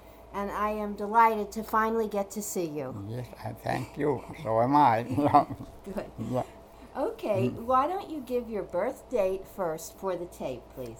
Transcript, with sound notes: And I'm delighted to finally get to meet you.
Yes. I thank you. So am I. (they laugh)
Okay. Why don't you give your birth date first for the tape, please.